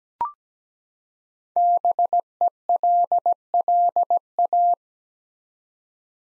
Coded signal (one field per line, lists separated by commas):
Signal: Morse code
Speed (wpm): 17 wpm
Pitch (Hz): 700 Hz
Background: none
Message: BELLA